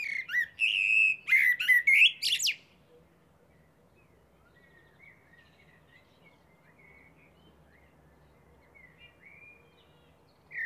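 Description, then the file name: Eurasian blackbird singing one loud phrase of low fluted whistles ending in a high squeaky twitter, then near silence with faint bird notes. "Turdus merula"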